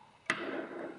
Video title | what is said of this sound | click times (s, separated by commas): Young modulus experiment (PAG 2.1) | until it clicks and then we can measure off the scale | 0.3 s